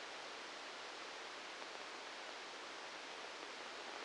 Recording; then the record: brain microelectrode recording played as sound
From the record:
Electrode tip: outside the subthalamic nucleus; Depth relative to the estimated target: -6 mm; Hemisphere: right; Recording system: NeuroSet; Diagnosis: Parkinson's disease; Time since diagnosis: 8 years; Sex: male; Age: 58 years